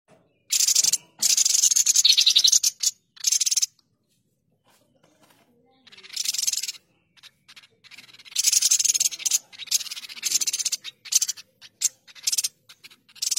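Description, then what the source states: Streaked spiderhunter song: loud, rasping bursts of very rapid high chattering notes, some lasting over a second, separated by short silences and broken into scattered fragments toward the end. Training song for cage birds; bird singing vigorously (gacor) with a clear, long song.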